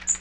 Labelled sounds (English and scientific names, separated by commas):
Magnolia Warbler (Setophaga magnolia) flight call